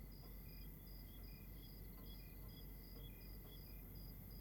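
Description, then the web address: Crickets give short repeated chirps, several insects overlapping at different pitches, over a constant low hum. Outdoors at night in Rwanda. "Monte Sound - Atmospheres of Rwanda AMB External Rwanda Night Crickets"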